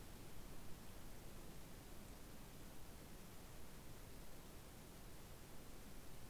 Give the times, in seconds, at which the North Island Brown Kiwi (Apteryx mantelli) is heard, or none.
none